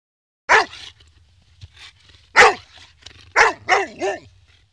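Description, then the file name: Dog barking: a single loud bark, a pause, another bark, then a quick run of three barks near the end, over a low steady hum. "Digiffects Sound Effects Library - Dog Bark"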